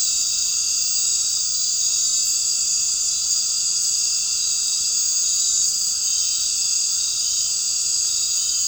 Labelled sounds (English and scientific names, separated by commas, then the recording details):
none
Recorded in dense forest near Puerto Asís, Putumayo, Colombia, on 8 March 2025 at 19:00
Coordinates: 0.467, -76.328
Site G041